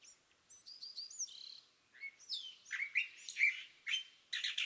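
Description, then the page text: California thrasher delivering varied phrases: clear whistled slurs, falling notes and a few harsher chips, separated by short gaps. Song at dawn, excerpted from a longer dawn session on day 1, repeating a theme of notes the thrasher chose that morning; March 9, 2017, Montaña de Oro State Park, Los Osos, California. "Birdsong for the Curious Naturalist. California thrasher. Song, excerpted from a longer dawn session on day 1. listen for the repeated theme of notes that the thrasher has chosen to use this morning. March 9, 2017. Montaña de Oro State Park, Los Osos, California"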